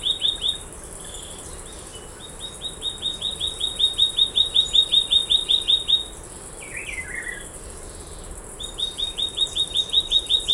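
Scrub greenlet giving rapid series of short sharp notes in long runs, a pause with a brief lower twittering note, then another fast run; steady hiss underneath.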